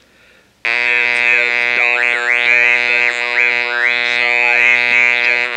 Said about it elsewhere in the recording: I will now say approximately that using the electrolarynx. First, with it held in front of my lips.